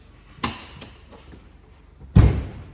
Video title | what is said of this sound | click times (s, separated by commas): 2021 Sylvan L3 DLZ Bar / Malone's Marine / Buchanan, TN | this locks into place now we're back to cruise mentality | 0.4 s